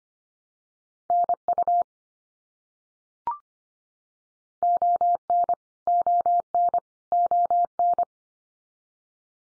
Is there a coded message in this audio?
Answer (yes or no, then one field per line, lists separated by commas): yes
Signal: Morse code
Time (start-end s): 1.1-8.0 s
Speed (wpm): 25 wpm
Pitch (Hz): 700 Hz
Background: none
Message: NU ON ON ON